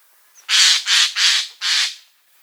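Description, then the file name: Eurasian jay calling with four loud, hoarse screeches in a quick, evenly spaced run. "Garrulus glandarius"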